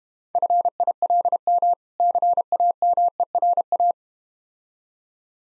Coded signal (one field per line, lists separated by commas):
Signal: Morse code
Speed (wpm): 32 wpm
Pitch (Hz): 700 Hz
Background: none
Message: FILM CAMERA